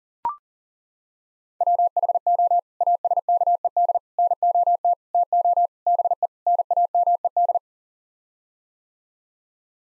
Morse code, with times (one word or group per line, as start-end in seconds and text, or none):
1.6-2.6 WHO
2.8-4.0 ASKED
4.2-4.9 NOT
5.1-5.7 TO
5.9-6.3 BE
6.5-7.6 NAMED